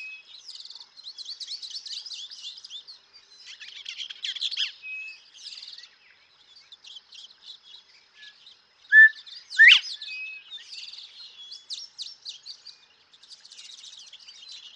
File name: Northern Bobwhite